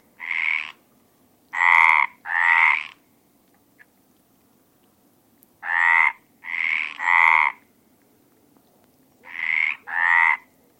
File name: rainette meridionale